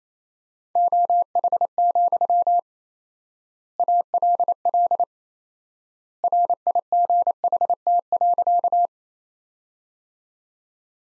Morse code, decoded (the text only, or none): OH, ALL RIGHT.